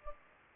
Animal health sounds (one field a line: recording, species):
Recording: mosquito wingbeat signal from an infrared sensor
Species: Anopheles gambiae